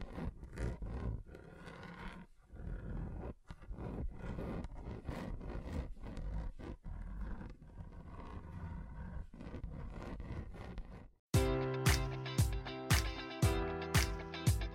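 A table is scratched with rough, gritty strokes for about eleven seconds, then a brief pause gives way to a brighter, ringing, evenly pulsed scrape.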